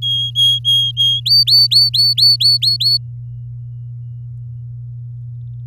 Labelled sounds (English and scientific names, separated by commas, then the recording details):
Domestic Canary (Serinus canaria) song
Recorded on 8 May 2018 at 06:24
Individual llb16